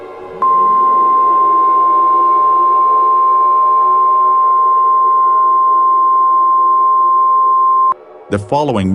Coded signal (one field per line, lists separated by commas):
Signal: Emergency Alert System (SAME) tones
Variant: 1050 Hz attention tone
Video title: EAS Scenario #14 Alien Attack